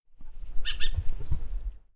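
Bird call: two quick harsh, buzzy notes close together near the middle, over a steady low rumble of background noise.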